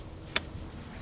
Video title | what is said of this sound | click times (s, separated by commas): Klein Machining AR-RPK Heavy Duty Carry Handle | locks into place okay | 0.4 s